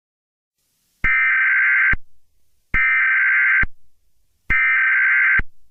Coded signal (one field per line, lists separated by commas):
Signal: Emergency Alert System (SAME) tones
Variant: header bursts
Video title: EAS Scenario #24: Mickey Error III The Next Chapter